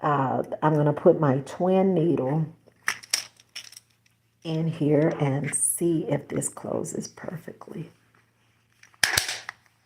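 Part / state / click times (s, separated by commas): lid of a plastic sewing needle storage case / seated / 9.0 s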